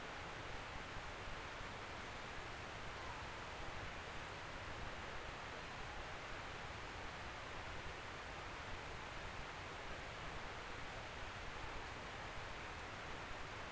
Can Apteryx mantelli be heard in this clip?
no